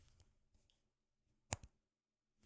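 A small attachment is plugged into a heating device again and clicks home at 1.5 s with a short, sharp snap, followed by a fainter tick at 1.6 s and a sound like a book closing. Low, quiet rustling comes before the click, and near-silence follows. The attachment is fully seated.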